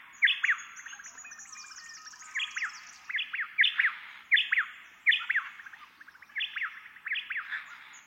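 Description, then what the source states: White-eared Honeyeater song: clear, sharply dropping whistled notes in short bursts, over a faint high twittering in the background. A pair, presumably on adjacent home ranges, countersinging at dawn by alternating calls; breeding season song.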